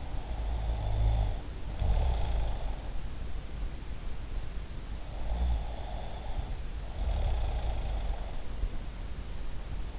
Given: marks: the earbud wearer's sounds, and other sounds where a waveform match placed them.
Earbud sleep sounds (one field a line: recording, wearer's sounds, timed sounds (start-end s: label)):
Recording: sounds in sleep by an in-ear microphone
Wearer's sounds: snoring breath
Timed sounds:
0.00-2.92 s: snoring breath
5.06-8.49 s: snoring breath